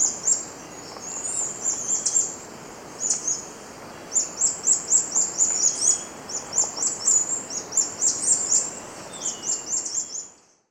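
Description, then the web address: Ash-browed spinetail giving high, rapid twittering phrases in an almost continuous chatter, a faint steady tone beneath, then fading out. Ecuador. "Birds of Ecuador. Ash-browed Spinetail"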